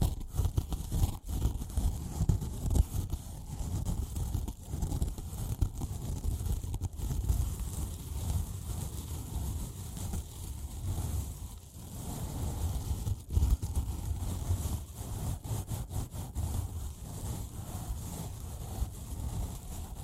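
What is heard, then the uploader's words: A sponge scratches and rubs without pause for the whole stretch, a dense, rough rustle with a heavy low rumble beneath it. Short crackles and clicks break through often, coming in quicker bunches in the last third. ASMR Sponge Scratching & Rubbing (NO TALKING).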